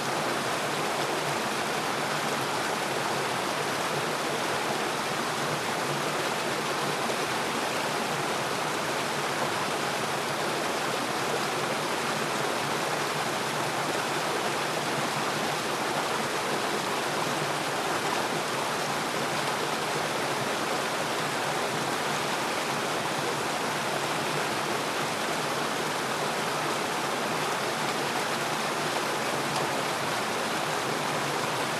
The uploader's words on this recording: Relaxing Rain Noise + Forest Stream.